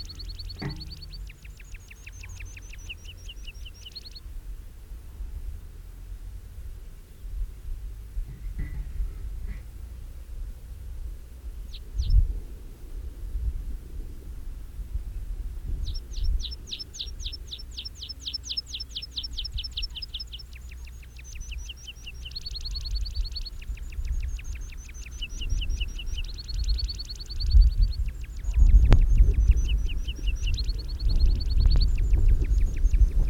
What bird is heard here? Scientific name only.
Anthus pratensis